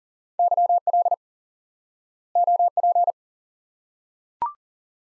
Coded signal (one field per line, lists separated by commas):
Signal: Morse code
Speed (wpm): 39 wpm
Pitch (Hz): 700 Hz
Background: none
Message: YL OP